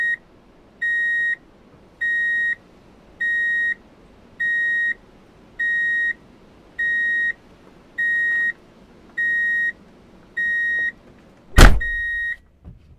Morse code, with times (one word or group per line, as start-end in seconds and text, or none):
none